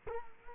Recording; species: mosquito wingbeat signal from an infrared sensor; Culex quinquefasciatus